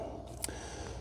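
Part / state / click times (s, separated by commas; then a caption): door wiring harness connector of an off-road vehicle / released / 0.4 s. A black tab on a plastic door wiring harness connector of a Jeep Wrangler or Gladiator is pressed in while the white piece is pushed up. A single short, sharp click sounds at 0.4 s over a steady low background, and the connector releases.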